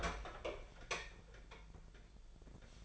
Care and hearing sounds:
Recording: daily activity, microphone in the room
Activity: open fridge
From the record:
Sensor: 5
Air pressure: 1009.8 hPa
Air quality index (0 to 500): 160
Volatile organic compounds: 4 ppm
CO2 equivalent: 1558 ppm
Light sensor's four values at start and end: 131/334/140/149 and 135/341/143/152

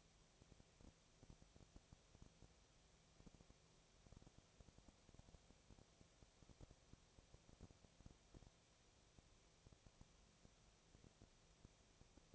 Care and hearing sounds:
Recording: daily activity, microphone in the room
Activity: no activity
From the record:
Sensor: 1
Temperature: 19.6 degrees Celsius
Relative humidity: 36.4%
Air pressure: 997.0 hPa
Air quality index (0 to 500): 204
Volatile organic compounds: 129 ppm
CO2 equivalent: 3923 ppm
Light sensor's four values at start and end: 1/2/1/1 and 1/2/1/1

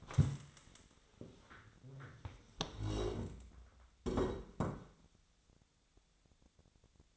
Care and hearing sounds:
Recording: daily activity, microphone in the room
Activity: stand up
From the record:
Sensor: 3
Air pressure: 1000.5 hPa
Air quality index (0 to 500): 169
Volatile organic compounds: 3 ppm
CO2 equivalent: 1470 ppm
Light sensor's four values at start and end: 14/32/14/14 and 14/33/14/15

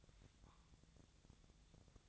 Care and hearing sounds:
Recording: daily activity, microphone in the room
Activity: take from stove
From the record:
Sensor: 3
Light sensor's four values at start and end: 7/18/7/7 and 7/18/7/7

